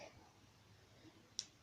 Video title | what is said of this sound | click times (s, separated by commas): I fixed my fidget spinner and done proper tricks | you push this against the wall and you push the two bottom, or all of them together, so it makes a little click. | 1.4 s